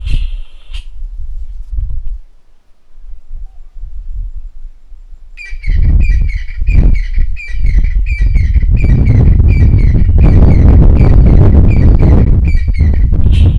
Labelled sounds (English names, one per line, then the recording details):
Crested Francolin
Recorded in northern Uganda